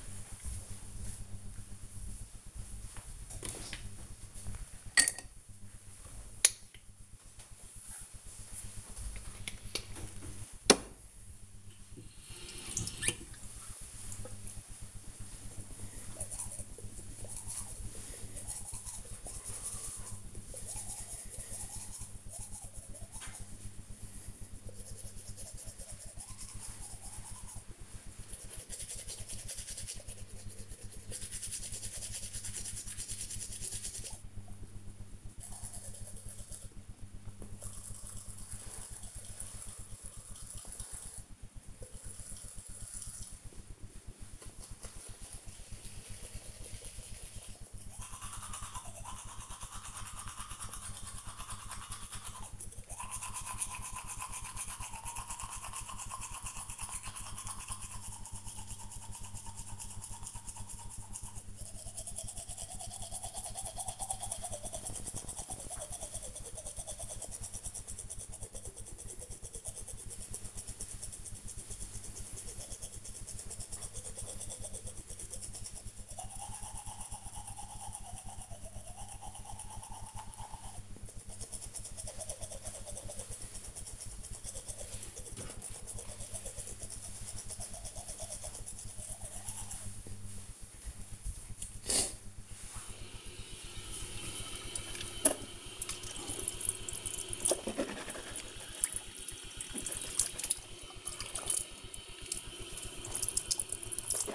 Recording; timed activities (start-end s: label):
household activities, microphone on the right wrist
3.58-104.34 s: brushing teeth